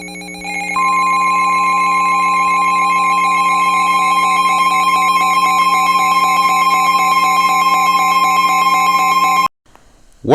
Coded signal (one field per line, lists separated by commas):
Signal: Emergency Alert System (SAME) tones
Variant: 1050 Hz attention tone